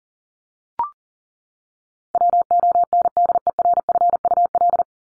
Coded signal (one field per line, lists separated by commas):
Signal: Morse code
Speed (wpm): 40 wpm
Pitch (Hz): 700 Hz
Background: none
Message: WONDERFUL